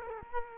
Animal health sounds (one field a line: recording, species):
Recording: mosquito wingbeat signal from an infrared sensor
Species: Culex quinquefasciatus